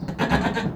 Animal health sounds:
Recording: contact call of a hoofed animal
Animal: goat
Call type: low-frequency (closed-mouth) or high-frequency (open-mouth) call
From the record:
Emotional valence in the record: negative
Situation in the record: food frustration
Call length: 0.75 s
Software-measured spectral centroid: 1780 Hz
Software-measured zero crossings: 1410 a second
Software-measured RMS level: -24 dBFS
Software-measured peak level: -7 dBFS

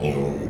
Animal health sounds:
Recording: contact call of a hoofed animal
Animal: pig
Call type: closed-mouth grunt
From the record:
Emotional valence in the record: negative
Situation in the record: short social isolation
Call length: 0.50 s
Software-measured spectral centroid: 1640 Hz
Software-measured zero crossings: 940 a second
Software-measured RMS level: -24 dBFS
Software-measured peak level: -11 dBFS

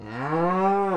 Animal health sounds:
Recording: contact call of a hoofed animal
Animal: cattle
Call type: low-frequency (closed-mouth) or high-frequency (open-mouth) call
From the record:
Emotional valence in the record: negative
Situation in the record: full separation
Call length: 0.97 s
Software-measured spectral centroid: 1100 Hz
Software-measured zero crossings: 1430 a second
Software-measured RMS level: -24 dBFS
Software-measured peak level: -12 dBFS

